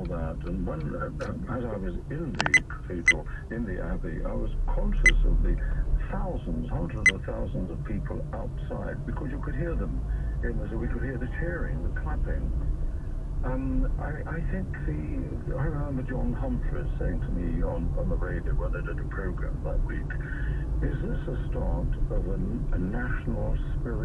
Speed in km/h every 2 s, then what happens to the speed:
13, 11, 13, 16, 18, 21, 23, 24, 26, 29, 31, 31.
3-19 speeds up to 31.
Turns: none.